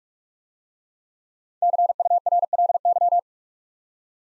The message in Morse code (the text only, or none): CURLY